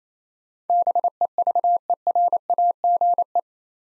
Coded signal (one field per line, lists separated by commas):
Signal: Morse code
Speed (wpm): 28 wpm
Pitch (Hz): 700 Hz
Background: none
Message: BEVERAGE